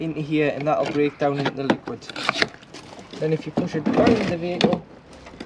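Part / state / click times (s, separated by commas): toilet waste cassette into motorhome cassette compartment / not seated / none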